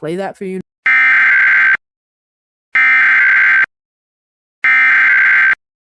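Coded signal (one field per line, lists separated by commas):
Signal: Emergency Alert System (SAME) tones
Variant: header bursts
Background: speech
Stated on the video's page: Compilation of rare alerts including national emergency message, nationwide test, blue alert, nuclear power plant, radiological hazard, extreme wind, snow squall, ice storm, tsunami, law enforcement warnings.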